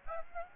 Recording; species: mosquito wingbeat signal from an infrared sensor; Aedes aegypti